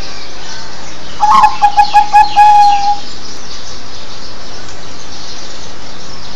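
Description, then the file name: Zebra dove cooing song, one phrase of rapid staccato notes that runs into a drawn-out, slightly trilling coo lasting under two seconds, then background hush. "เสียงนกเขาชวา"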